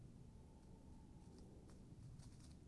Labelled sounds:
Tawny Owl (Strix aluco)
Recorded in Germany
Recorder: ecoPi

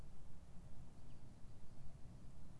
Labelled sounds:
Common Chaffinch (Fringilla coelebs)
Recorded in Germany
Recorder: ecoPi

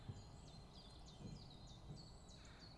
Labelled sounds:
Great Tit (Parus major)
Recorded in Germany
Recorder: ecoPi

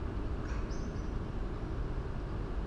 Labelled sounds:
Common Blackbird (Turdus merula)
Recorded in Germany
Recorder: ecoPi

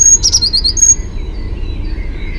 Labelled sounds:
Great Tit (Parus major)
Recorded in Germany
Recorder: ecoPi

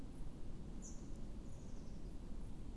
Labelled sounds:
Eurasian Blue Tit (Cyanistes caeruleus)
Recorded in Germany
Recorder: ecoPi

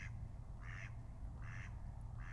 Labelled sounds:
Mallard (Anas platyrhynchos)
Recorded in Germany
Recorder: ecoPi

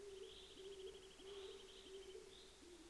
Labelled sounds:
Common Chaffinch (Fringilla coelebs)
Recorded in Germany
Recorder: ecoPi

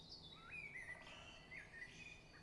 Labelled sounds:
Great Spotted Woodpecker (Dendrocopos major)
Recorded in Germany
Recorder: ecoPi

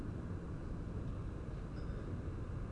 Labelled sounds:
none
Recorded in Germany
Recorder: ecoPi

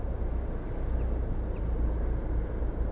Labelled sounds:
Common Chaffinch (Fringilla coelebs)
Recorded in Germany
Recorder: ecoPi

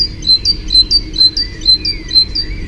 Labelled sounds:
Great Tit (Parus major)
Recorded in Germany
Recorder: ecoPi

